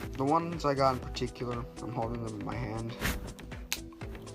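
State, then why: Seated. Someone talks while holding wireless earbuds, then snaps the plastic charging-case lid shut onto the case body. A single sharp click stands out at 3.7 s, and the lid is closed.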